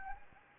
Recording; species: mosquito wingbeat signal from an infrared sensor; Anopheles gambiae